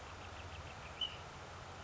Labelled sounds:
Ash-throated Flycatcher
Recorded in Sonoma County, California

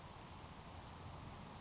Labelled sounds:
Grasshopper Sparrow
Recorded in Sonoma County, California

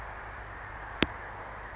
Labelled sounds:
Blue-gray Gnatcatcher
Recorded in Sonoma County, California

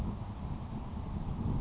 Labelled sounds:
Grasshopper Sparrow
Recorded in Sonoma County, California

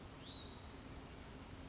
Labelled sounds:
Hutton's Vireo
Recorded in Sonoma County, California

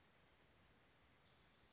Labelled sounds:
Blue-gray Gnatcatcher
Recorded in Sonoma County, California

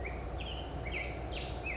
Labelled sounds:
Black-headed Grosbeak
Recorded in Sonoma County, California

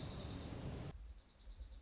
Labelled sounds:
Dark-eyed Junco
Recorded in Sonoma County, California

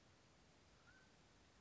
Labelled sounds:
Mountain Quail
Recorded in Sonoma County, California

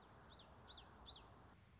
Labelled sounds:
Common Yellowthroat
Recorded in Sonoma County, California

